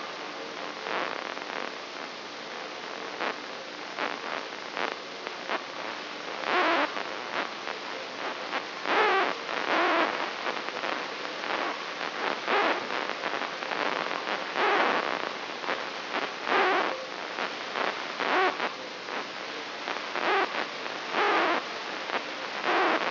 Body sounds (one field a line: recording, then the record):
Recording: brain microelectrode recording played as sound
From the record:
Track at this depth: outside the subthalamic nucleus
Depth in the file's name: 8.06 mm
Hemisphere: left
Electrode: 3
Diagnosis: Parkinson's disease